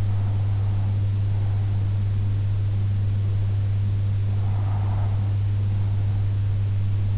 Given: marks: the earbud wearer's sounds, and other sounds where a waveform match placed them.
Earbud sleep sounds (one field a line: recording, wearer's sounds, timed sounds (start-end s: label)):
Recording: sounds in sleep by an in-ear microphone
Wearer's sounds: breath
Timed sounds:
0.00-1.99 s: breath
3.99-5.99 s: breath